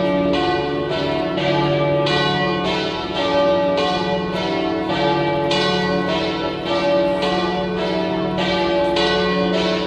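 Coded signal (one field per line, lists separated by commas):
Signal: bell signal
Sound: continuous peal of church bells, about sixteen overlapping strokes, ringing harmonics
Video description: Battiore e distesa delle tre maggiori (dura circa un minuto e mezzo) delle 18:00 per la Messa prefestiva nella vigilia della solennità di Tutti i Santi, 31 ottobre 2018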